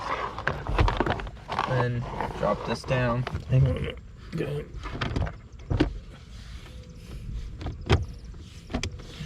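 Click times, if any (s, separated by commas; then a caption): none. A plastic center console trim panel is pressed into place on the dashboard of a 2022 base EcoBoost Mustang during an upgrade from Sync 1 to Sync 3 with navigation. Someone talks while sharp plastic taps and knocks sound around 0.5–1.1 s, 5.8 s, 7.9 s and 8.8 s. The side clip has not clicked in at all yet.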